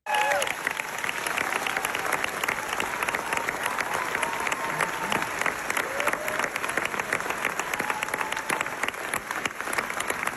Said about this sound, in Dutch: Ja, je hoort het. Ik kan nog wel even, ik denk nog 5-6 minuten doorgaan. Dat is een staande ovatie, die duurt maar liefst 6 minuten lang. Brandon Fraser die speelt in de film The Whale.